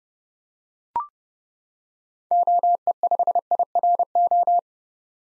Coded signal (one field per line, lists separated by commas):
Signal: Morse code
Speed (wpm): 30 wpm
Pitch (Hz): 700 Hz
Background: none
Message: OE5IRO